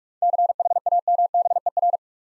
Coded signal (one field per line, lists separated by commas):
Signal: Morse code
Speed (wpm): 44 wpm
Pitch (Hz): 700 Hz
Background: none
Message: CHAMBER